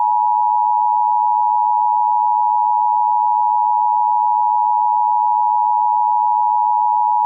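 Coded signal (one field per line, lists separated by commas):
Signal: Emergency Alert System (SAME) tones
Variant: 853 and 960 Hz attention tone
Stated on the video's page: Mock EAS alert demonstrating a U-verse cable TV template; a simulated recreation.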